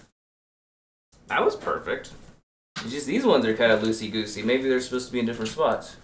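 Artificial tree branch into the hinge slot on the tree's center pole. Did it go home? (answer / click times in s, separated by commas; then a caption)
no / none. An artificial Christmas tree branch that has been loose is handled near the hinge slot on the tree's center pole, and nothing has seated or clicked yet. After about a second of silence, someone talks, pauses briefly, and keeps talking through the end of the clip.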